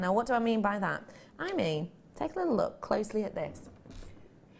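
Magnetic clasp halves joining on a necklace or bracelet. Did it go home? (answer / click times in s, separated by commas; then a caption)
yes / 3.9 s. Someone talks as the two halves of a magnetic jewellery clasp on a necklace or bracelet are brought together. A small nodule fits into a nook and locks with a sharp snap at 3.9 s. The clasp is seated, and the strong magnet holds it so it cannot be pulled apart.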